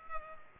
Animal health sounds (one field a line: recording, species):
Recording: mosquito wingbeat signal from an infrared sensor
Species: Culex pipiens